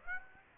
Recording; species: mosquito wingbeat signal from an infrared sensor; Aedes aegypti